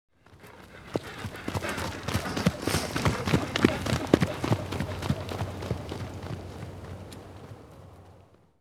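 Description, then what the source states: Horse hoofbeats on dirt, a quick uneven trotting rhythm that grows louder toward the middle and fades away, with scuffing and crunching between steps. Horse trotting by on dirt.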